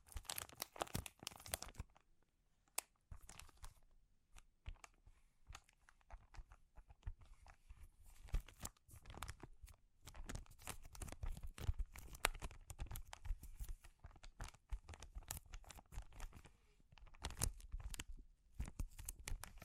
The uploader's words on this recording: ASMR Sensitive Crinkles (No Talking).